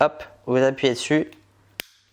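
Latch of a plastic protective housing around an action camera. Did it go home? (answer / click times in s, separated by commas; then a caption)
yes / 1.8 s. Someone talks while closing the hinged plastic protective housing around a GoPro Hero 10 Black action camera that has been slid inside, then presses the latch down. A single sharp click sounds at 1.8 s as the latch clicks shut, confirming the case is sealed watertight.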